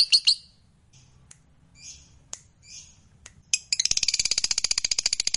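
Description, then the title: Lovebird calls: a few sharp squawks and scattered high chirps, then a fast, steady, rattling chatter of rapidly repeated high notes. Fighter lovebird singing energetically (gacor). "SUARA Lovebird FIGHTER GACOR"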